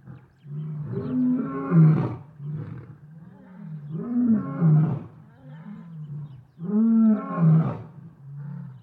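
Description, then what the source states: Lions give deep roars in three loud bouts, each a swelling moan followed by low grunting, with quieter rumbling between bouts. Lions in the savannah.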